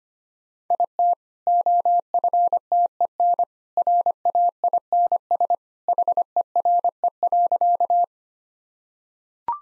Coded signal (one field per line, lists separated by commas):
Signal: Morse code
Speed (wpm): 25 wpm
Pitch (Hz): 700 Hz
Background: none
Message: IT OFTEN RAINS HERE.